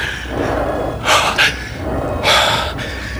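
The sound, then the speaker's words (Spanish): Heavy, ragged panting of a person exhausted after a physical struggle: two pairs of loud, breathy gasps with short pauses between, harsh and airy over a low background hiss. No talking. “Necesito aire, tomar aliento, pero está jadeando y casi oigo su corazón.”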